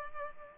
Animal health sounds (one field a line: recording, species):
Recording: mosquito wingbeat signal from an infrared sensor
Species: Culex pipiens